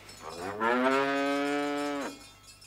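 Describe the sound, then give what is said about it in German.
A cow in a country village on a sunny summer evening lets out one long, loud moo lasting about a second and a half, its low, rich tone rising slightly at the start and then holding steady before cutting off. No one speaks. “Kühe. Das auch noch.”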